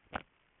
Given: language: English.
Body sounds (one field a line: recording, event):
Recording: throat vibration sensor signal played as sound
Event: swallow